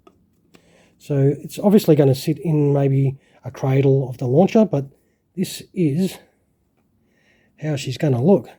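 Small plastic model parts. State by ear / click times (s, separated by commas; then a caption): not seated / none. A plastic missile body is fitted onto the cradle of a 1:72 scale Russian RT-2PM2 Topol-M (SS-27 Sickle) ICBM launcher model, with light plastic taps at about 0.1 s and 0.6 s before someone talks for most of the clip. The missile does not lock into place, and nothing has seated or clicked yet.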